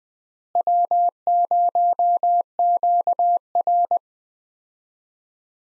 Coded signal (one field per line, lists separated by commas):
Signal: Morse code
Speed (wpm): 21 wpm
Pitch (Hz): 700 Hz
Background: none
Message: W0QR